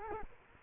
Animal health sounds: mosquito wingbeat signal from an infrared sensor; Culex quinquefasciatus

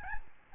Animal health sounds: mosquito wingbeat signal from an infrared sensor; Aedes albopictus

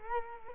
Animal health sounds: mosquito wingbeat signal from an infrared sensor; Culex quinquefasciatus

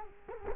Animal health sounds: mosquito wingbeat signal from an infrared sensor; Culex quinquefasciatus

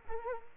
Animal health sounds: mosquito wingbeat signal from an infrared sensor; Culex quinquefasciatus

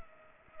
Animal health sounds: mosquito wingbeat signal from an infrared sensor; Culex pipiens

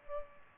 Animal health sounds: mosquito wingbeat signal from an infrared sensor; Culex pipiens

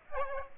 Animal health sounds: mosquito wingbeat signal from an infrared sensor; Aedes aegypti

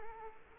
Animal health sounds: mosquito wingbeat signal from an infrared sensor; Culex quinquefasciatus

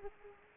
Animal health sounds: mosquito wingbeat signal from an infrared sensor; Aedes aegypti

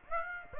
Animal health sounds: mosquito wingbeat signal from an infrared sensor; Aedes aegypti

